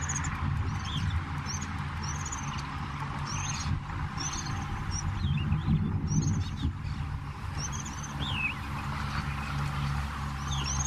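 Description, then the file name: Superb starling song, several short high whistled notes and a few descending chirps, over persistent low rumbling noise. "superb starling. omkicau"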